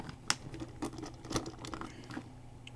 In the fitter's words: that snaps into place to make the beak